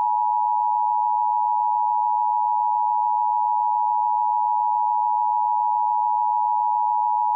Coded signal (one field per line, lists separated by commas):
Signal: Emergency Alert System (SAME) tones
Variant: 853 and 960 Hz attention tone